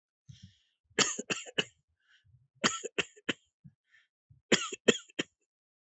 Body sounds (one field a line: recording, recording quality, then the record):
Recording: shallow voluntary cough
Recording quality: excellent, no background noise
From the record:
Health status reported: healthy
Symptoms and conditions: hypertension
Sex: male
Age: 37 years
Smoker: yes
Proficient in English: yes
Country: India